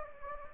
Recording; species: mosquito wingbeat signal from an infrared sensor; Anopheles gambiae